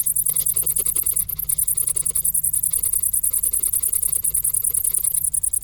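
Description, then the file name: Cricket chirping in a fast, steady, very high pulsed trill, pulses running continuously throughout with brief pauses, faint lower noise underneath. "Grillen"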